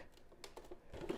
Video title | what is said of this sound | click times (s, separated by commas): Ninja Blender Tutorial SD 480p | the right and you'll hear it lock | 0.4 s